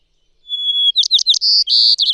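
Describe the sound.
White-crowned sparrow song: a long high whistle leads into rapid chirped notes and buzzy trills, the phrase cut short near its end.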